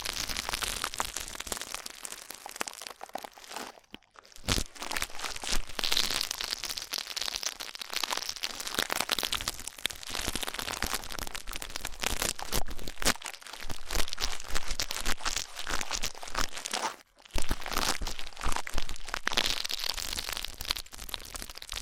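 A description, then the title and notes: Rough ear cleaning makes a dense, crackling, crinkling scrape that fills the whole range and leans bright. The rubbing runs almost continuously in irregular bursts, with brief silent gaps near 4, 13 and 17 seconds, and a faint steady low hum underneath. ASMR Rough Ear Cleaning (No Talking).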